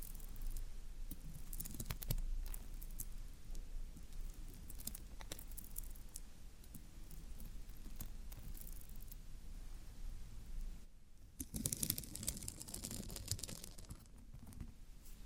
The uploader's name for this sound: Satisfying Tingle Stimulating Floral Foam Sounds